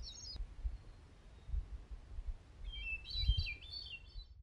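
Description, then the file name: Hermit thrush song, a short high note then a flute-like phrase beginning on a held whistle and climbing into wavering ringing notes, over low steady background rumble. Recorded 21 June 2019. "20190621 Hermit Thrush"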